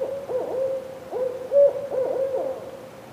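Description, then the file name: Owl hoots on a sustained, even pitch, broken by short wavering inflections at intervals and one stronger burst about halfway through. Recorded 30 October 2005. "20051030 owl"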